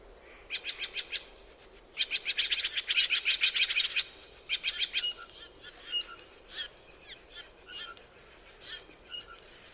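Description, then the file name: Steller's jay giving rapid bursts of harsh, scratchy notes, one longer burst of around fifteen notes, followed by softer scattered calls. "Canto do gaio de steller"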